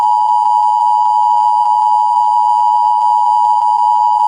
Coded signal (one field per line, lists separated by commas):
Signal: Emergency Alert System (SAME) tones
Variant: 853 and 960 Hz attention tone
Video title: Turn Around: An actual EAS scenario